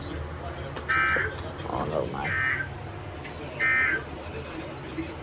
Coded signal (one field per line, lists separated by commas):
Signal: Emergency Alert System (SAME) tones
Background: speech